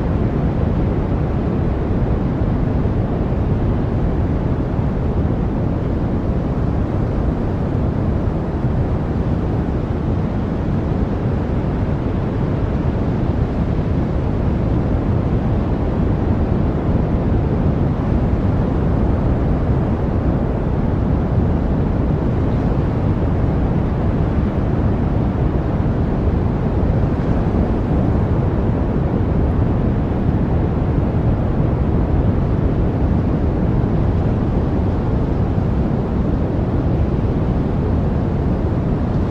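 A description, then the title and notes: Steady, dense white noise fills all 39 seconds, a constant hiss-like roar with the most weight in the low and middle range, thinning toward the top. Nothing stands out; the level holds even throughout, like engine or wind rumble. White Noise.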